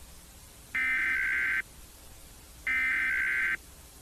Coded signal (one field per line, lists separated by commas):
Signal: Emergency Alert System (SAME) tones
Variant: header bursts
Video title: EAS Scenario: Thawed Earth - Episode 1: Starting in Miami